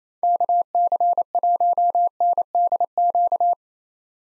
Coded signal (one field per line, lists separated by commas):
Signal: Morse code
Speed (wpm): 28 wpm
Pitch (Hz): 700 Hz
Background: none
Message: KC1NDQ